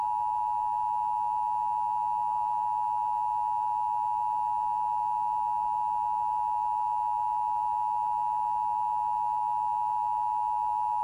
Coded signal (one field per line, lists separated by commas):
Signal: Emergency Alert System (SAME) tones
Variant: 853 and 960 Hz attention tone